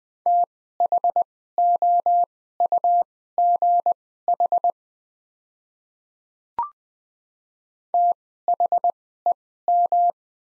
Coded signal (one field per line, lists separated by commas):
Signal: Morse code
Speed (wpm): 20 wpm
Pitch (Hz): 700 Hz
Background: none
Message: THOUGH THEM